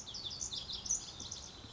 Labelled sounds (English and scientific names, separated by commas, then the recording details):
Pacific Wren (Troglodytes pacificus)
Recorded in Sonoma County, California